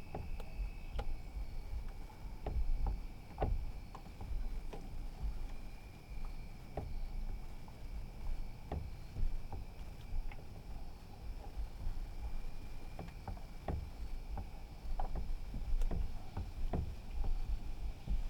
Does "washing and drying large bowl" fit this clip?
no